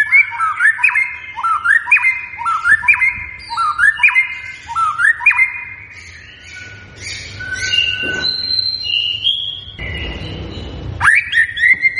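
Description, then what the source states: White-rumped shama song opening with several repeated rising whistled phrases, followed by scattered varied notes and a final loud whistle. Lure recording of a strongly singing (gacor) white-rumped shama, used to make birds respond.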